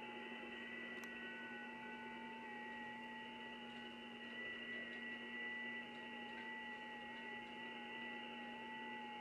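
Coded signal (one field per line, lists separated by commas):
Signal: FT8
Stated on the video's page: FT8 contacts on 50 MHz during the June VHF contest using a CNC-machined aluminum magnetic loop antenna.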